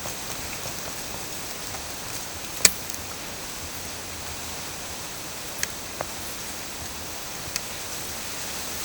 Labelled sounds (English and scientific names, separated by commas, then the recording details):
none
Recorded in pastures near Puerto Asís, Putumayo, Colombia, on 22 December 2024 at 17:30
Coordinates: 0.466, -76.322
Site G040